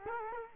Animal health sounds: mosquito wingbeat signal from an infrared sensor; Culex quinquefasciatus

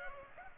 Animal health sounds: mosquito wingbeat signal from an infrared sensor; Culex pipiens

